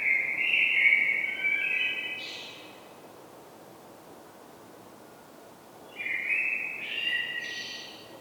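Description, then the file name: Common blackbird with two clear fluty phrases, each ending in higher squeaky notes, separated by a few seconds of quiet background hiss. "Turdus merula"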